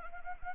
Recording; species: mosquito wingbeat signal from an infrared sensor; Anopheles arabiensis